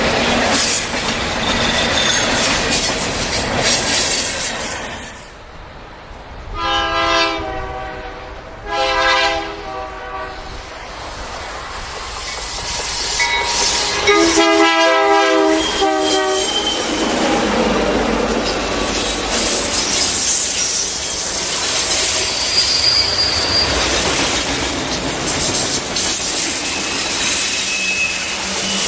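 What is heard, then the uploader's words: A train rumbles along the tracks with a steady roar, broken by horn blasts around six to nine seconds and again near fifteen seconds. Train On Tracks.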